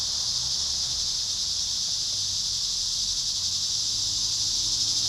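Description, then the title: Cicadas in full chorus, a bright unbroken buzz. Cicadas at Trinity. "neoscenes: cicadas at Trinity"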